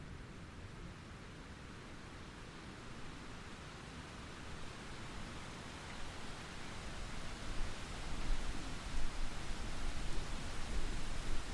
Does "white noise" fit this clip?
no